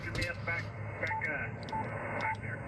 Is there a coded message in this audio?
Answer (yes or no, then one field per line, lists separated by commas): no